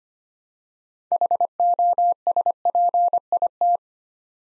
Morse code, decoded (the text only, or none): HOSPIT